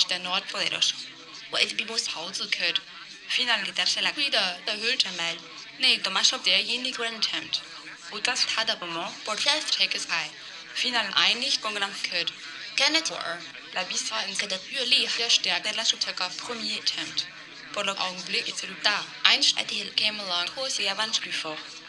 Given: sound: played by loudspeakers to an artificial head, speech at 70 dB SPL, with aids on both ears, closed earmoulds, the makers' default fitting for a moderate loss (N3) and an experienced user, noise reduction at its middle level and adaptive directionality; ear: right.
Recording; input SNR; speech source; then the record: speech test signal (ISTS) in cocktail-party noise; +9 dB; on the right (90 degrees)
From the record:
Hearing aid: class 1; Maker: B